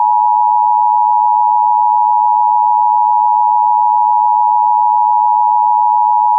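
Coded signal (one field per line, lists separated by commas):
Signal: Emergency Alert System (SAME) tones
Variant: 853 and 960 Hz attention tone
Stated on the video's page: Archived fire warning with evacuation information.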